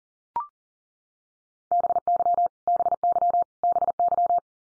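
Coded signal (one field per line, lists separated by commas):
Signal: Morse code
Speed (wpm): 40 wpm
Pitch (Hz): 700 Hz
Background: none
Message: BY BY BY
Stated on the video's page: Morse head-copy drill of the 100 most common English words at 40 wpm, each sent three times, then spoken, then sent again.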